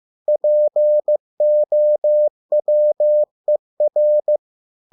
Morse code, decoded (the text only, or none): POWER